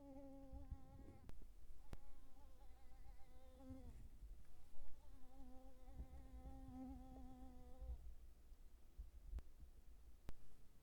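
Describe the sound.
Mosquito flight buzz, a steady whining hum with a few brief breaks that stops after about eight seconds, heard over low background rumble and a few sharp clicks.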